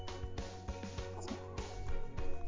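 A steady low rumble runs throughout, broken by several brief, soft gurgles and short rising and falling squelchy tones. These are stomach and bowel gurgling sounds from a dog's tummy.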